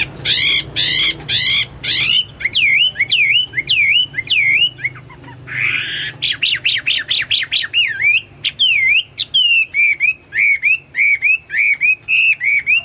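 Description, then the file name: Chinese hwamei song: rapid, rich whistles and looping slurred notes, with a short harsh burst in the middle, then steady repeated warbled phrases. "omkicau hwamei"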